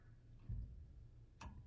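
A click-type torque wrench tightens the union (banjo) bolt on a brake hose for a Nissan Frontier to 13 ft-lb (156 in-lb). A low thud at about 0.5 s is followed by the wrench's sharp click at 1.4 s, showing the bolt has reached the set torque.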